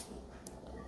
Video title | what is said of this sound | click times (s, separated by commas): Фурнітура для сережок з AliExpress / DIY. Earring accessories from AliExpress | Почули? Да. І замок застібнувся. | 0.5 s